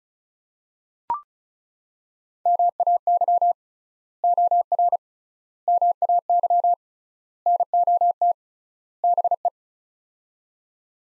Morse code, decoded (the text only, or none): MAY OR MAY NOT BE